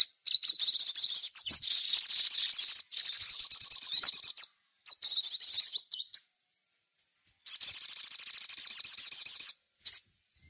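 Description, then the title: Little spiderhunter song, several long bursts of rapid high trilling separated by pauses. Masteran, a training recording of the song. "Masteran Burung Sogok Ontong Labaik"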